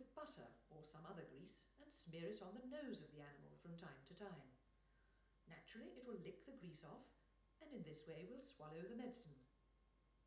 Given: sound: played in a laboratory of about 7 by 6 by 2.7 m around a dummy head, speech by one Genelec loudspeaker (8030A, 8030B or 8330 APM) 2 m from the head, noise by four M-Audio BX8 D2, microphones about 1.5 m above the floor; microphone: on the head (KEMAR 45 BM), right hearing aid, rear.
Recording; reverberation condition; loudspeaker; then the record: female speech in English; medium; 120 degrees to the right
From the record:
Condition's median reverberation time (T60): about 510 ms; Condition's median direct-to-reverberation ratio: about -0.5 dB